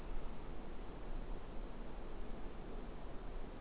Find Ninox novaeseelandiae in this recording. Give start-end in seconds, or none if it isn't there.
none